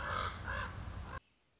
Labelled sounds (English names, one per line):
Common Raven